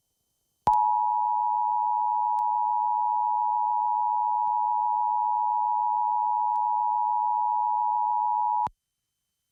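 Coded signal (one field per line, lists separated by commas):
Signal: Emergency Alert System (SAME) tones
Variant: 853 and 960 Hz attention tone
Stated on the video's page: National EAS test tones aired on a television station; the test failed, with the station stuck relaying FM audio afterward.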